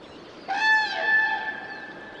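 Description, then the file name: Common crane call: one loud, drawn-out trumpeting note that starts abruptly and holds steady before fading, over faint background noise. "Trana"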